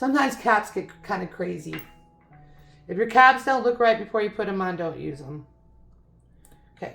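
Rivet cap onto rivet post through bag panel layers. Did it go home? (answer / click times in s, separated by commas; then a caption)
yes / 6.4 s. A rivet cap is pressed by hand onto a metal 9 mm rivet post pushed through layered bag fabric while someone talks. After the talking stops, a short sharp snap is heard at 6.5 s as the cap seats onto the post.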